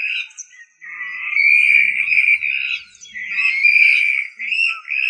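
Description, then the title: Rail giving a few short notes, then long, sustained whistles, high with slight wavering, in drawn-out phrases separated by brief pauses. "LuckyFamilia RallidaeFrangoSama"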